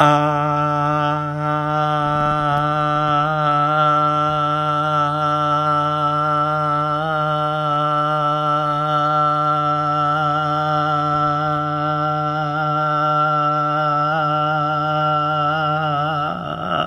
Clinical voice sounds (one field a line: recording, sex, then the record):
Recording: sustained vowel /a/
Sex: male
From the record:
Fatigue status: no fatigue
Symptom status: symptomatic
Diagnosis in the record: COVID-19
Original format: m4a